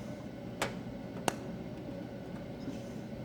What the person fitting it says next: There we go, it locks in position right there.